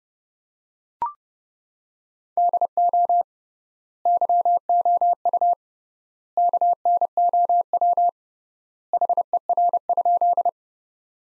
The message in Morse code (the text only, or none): DO YOU KNOW HER?